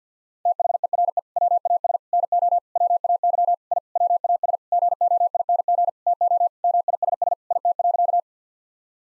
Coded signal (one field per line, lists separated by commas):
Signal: Morse code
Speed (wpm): 50 wpm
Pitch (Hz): 700 Hz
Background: none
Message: THERE WAS NO WAY I WAS GOING TO MISS IT.